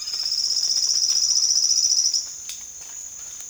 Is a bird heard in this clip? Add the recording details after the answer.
no. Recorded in secondary vegetation near Puerto Asís, Putumayo, Colombia, on 25 June 2025 at 14:30. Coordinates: 0.485, -76.322. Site GP06